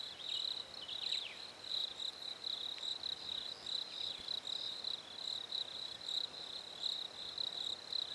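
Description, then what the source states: Crickets chirp in rapid, high pulsed bursts throughout. Recorded at a lake in winter.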